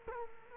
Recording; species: mosquito wingbeat signal from an infrared sensor; Culex quinquefasciatus